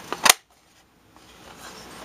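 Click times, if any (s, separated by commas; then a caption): 0.3 s. A plastic bat-signal accessory piece from a toy is pushed into its slotted base part at a raised slotted joint. A small tick at 0.1 s is followed by a sharp, loud, bright snap at 0.3 s, then near silence with faint low background noise. The two plastic parts snap together and are seated.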